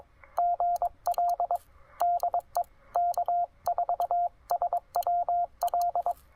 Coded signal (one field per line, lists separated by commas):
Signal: Morse code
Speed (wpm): 22 wpm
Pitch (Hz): 690 Hz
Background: none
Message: GL DE K4SWL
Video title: Fast & Simple QRP POTA: Table Rock Fish Hatchery with the TR-45L and AX3!